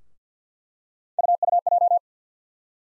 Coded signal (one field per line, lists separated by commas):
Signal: Morse code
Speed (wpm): 50 wpm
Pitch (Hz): 700 Hz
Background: none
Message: UUJ